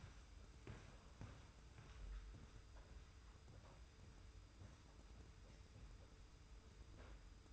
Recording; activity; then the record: daily activity, microphone in the room; walk to room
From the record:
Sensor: 2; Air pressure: 991.0 hPa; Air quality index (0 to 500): 111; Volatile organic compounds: 52 ppm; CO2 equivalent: 3326 ppm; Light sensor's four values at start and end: 34/100/39/38 and 34/102/40/38